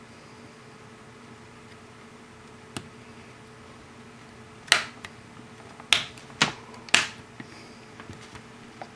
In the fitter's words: should just kind of snap into place okay